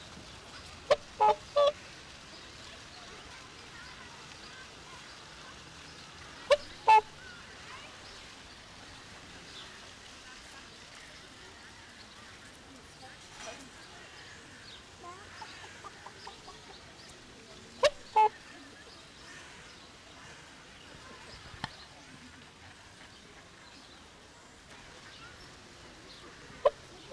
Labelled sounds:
Whooper Swan (Cygnus cygnus) call
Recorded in captivity
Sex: pair
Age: adult
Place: Zoo Berlin, Berlin, DE
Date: 1997-10-18 14:37
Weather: sunny, 12-15°C
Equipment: Nagra SN, Kopie Uher 4000 Report Monitor
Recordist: Tembrock, Günter

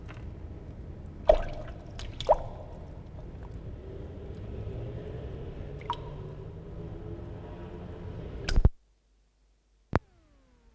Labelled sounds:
Common Plantanna (Xenopus laevis) call
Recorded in captivity
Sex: male
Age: adult
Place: Zoologisches Institut der HUB, Berlin, DE
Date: 1959-07-03 17:30
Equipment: Reporter, Vollspur
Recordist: Tembrock, Günter

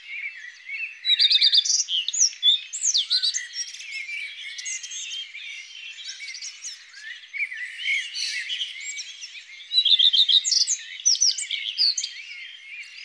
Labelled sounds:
Common Redstart (Phoenicurus phoenicurus) song
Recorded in the wild
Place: Freiburg im Breisgau / Lehen, Baden-Württemberg, DE
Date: 2001-05-30
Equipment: MiniDisc Sharp MT 20 H
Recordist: Schwarz, Dieter
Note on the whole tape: Song

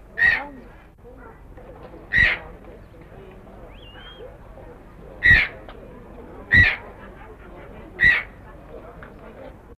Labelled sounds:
Channel-billed Toucan (Ramphastos vitellinus) call
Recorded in captivity
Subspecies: ariel
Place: Vogelpark Walsrode, Niedersachsen, DE
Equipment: Halbspur, 9,5 cm/s
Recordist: Lütgens, Hans

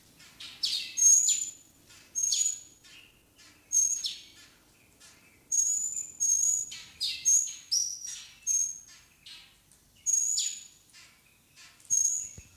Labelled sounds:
Taveta Weaver (Ploceus castaneiceps) call
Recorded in captivity
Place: Zoo Berlin, Berlin, DE
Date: 2003-11-13 15:01
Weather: fair, ca. 0°C
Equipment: Fair Mate ST-1328 (Asahi Electronics, Japan), Sennheiser ME 80, Kopie Uher 4000 Report Monitor
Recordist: Tembrock, Günter
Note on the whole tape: Diverse Lautformen, auch mit Flügelschlagen

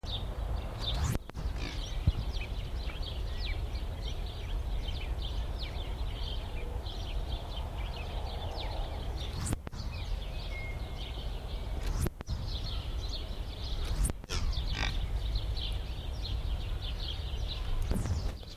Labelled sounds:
Banteng (Bos javanicus) call
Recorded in captivity
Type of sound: call
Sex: male
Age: adult
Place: Tierpark Berlin, Berlin, DE
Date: 1978-04-10 12:30
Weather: sunny, 14°C
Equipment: Uher 4200 Report Stereo, Sennheiser MD 421 HL, Verstärker
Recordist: Tembrock, Günter
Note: Balirind (Bos javanicus f. domestica). Bulle: Laute bei Kontaktverhalten zur liegenden Kuh. Abstand: 12 m

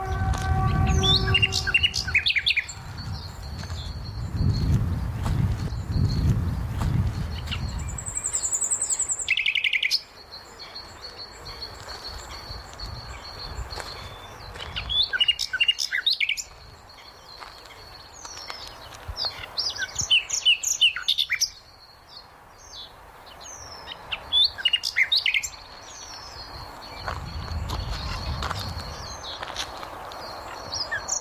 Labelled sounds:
Eurasian Penduline Tit (Remiz pendulinus) call
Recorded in the wild
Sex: male
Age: adult
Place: Karower Teiche, Berlin, DE
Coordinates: 52.6222, 13.46
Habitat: pond
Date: 1988-05-01 10:22
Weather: sunny, 17-25°C
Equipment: Nagra SN, Kopie Tesla B 116
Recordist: Tembrock, Günter

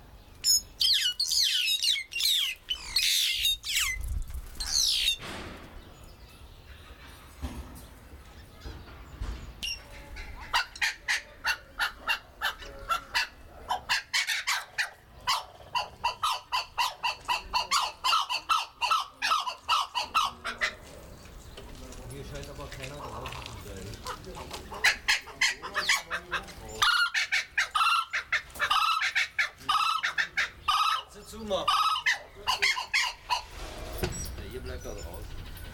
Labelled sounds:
White-headed Buffalo-Weaver (Dinemellia dinemelli)
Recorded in captivity
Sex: group
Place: Zoo Berlin, Berlin, DE
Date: 1996-04-06 15:55
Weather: heiter, 10 - 16 °C
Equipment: Sony MD-WM MZ-R3, Sennheiser MKH 416 T, Kopie Uher 4000 Report Monitor
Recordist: Tembrock, Günter

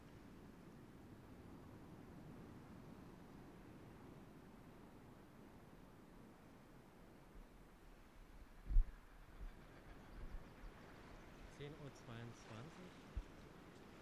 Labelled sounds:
Arctic Fox (Vulpes lagopus) barking
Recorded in the wild
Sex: diverse
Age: adult
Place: Insel Mednyi, Kommandeur-Inseln, RU
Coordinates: 54.5167, 168.083
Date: 1999-07-16 10:21
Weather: Hochnebel, 7,3°C, am Strand klare Sicht, kein Wind
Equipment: Sony WM-D6C, Sennheiser ME 80, Schalter I, Windkorb, Kopie Tascam DA 30
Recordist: Frommolt, Karl-Heinz

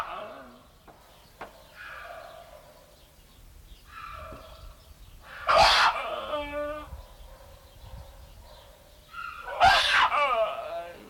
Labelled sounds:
Gelada (Theropithecus gelada)
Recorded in captivity
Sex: pair
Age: adult
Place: Tierpark Berlin, Berlin, DE
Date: 1993-12-18 13:15
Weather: bedeckt, 2°C
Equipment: Marantz CP 430, Sennheiser MKH 416 T, Kopie Uher Variocord 263
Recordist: Tembrock, Günter
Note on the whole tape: Lautfolgen von Männchen und Weibchen

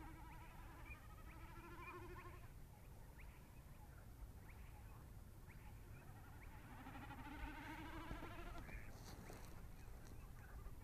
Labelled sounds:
Common Snipe (Gallinago gallinago) bleating
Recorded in the wild
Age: adult
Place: Schwedt/Oder, Nationalpark Unteres Odertal, Brandenburg, DE
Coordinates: 53.139, 14.3631
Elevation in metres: 1
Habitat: wetland
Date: 2015-04-22 21:29
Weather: clear, 6°C, almost windless
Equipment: Sound Devices 702, Sennheiser MKH 70, Rycote Windschutz
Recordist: Frommolt, Karl-Heinz

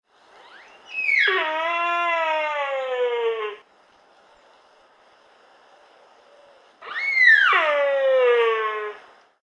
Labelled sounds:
Sika Deer (Cervus nippon)
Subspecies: mantchuricus
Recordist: Tembrock, Günter
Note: Männchen: Brunftrufe

